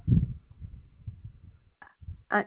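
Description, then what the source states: Koala bellow: heavy low grunting pulses rumbling on, then two short harsher, higher bursts near the end. Recorded 27 April 2021 at 10:12 PM.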